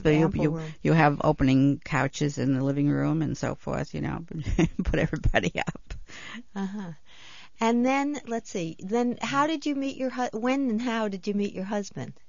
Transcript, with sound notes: You have opening couches in the living room, and so forth, you know, to put everybody up. (She laughs)
Uh-huh. And then, let's see. Then how did you meet your, when and how did you meet your husband?